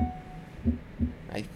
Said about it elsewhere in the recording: The cadence that we're listening to is da-da-da, da-da-da, da-da-da. And that low pitch sound that we're hearing before is an S4.